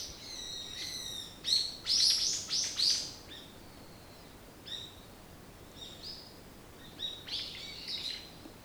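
Bird song: a loud run of rapid high chirps early on, followed by sparser, softer single chirps spaced a second or so apart.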